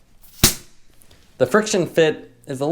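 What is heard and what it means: Once a tire is at the desired pressure, the small side tab on the plastic head of a Topeak JoeBlow Tubi 2Stage floor pump with TubiHead is pushed down on the tire valve, giving one sharp snap at 0.4 s that releases the head. Afterward someone talks.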